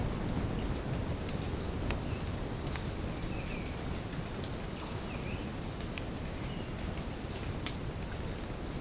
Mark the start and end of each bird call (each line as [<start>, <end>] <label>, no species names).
[3.27, 3.81] bird call
[5.00, 5.46] bird call